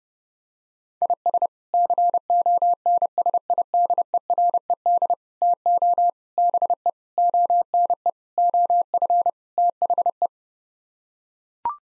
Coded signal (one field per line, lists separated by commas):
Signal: Morse code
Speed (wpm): 30 wpm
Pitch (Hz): 700 Hz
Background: none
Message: IS CONSIDERED TO BE ONE OF THE